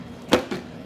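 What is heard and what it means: The plastic faucet piece of a toy kitchen sink is pushed into its socket in the sink base. A sharp click at 0.3 s is followed by a softer knock around 0.5 s, and the faucet is seated in the sink.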